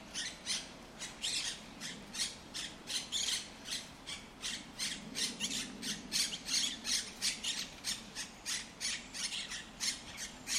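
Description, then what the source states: Monk parakeet giving a rapid, continuous series of harsh squawks, several per second, over a steady low background rumble. Urban population in El Retiro park, Madrid, Spain; Madrid holds Europe's largest monk parakeet population, many seen and heard in this park.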